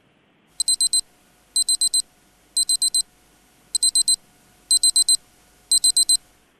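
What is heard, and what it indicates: An electronic thermometer beeping to signal that measurement is finished: repeated bursts of four rapid, high-pitched beeps, about one second apart.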